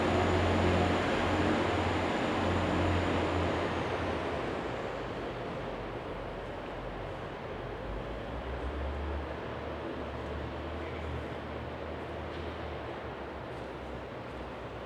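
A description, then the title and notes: Inside a busy railway station, a dense, steady roar of crowd and machinery fills the space. A low engine drone and a thin high whine are strong for the first four seconds, then fade, leaving a slightly quieter, even rumble of echoing hall noise. Recorded at Newcastle's Central Station. Recorded at 11:30 approx.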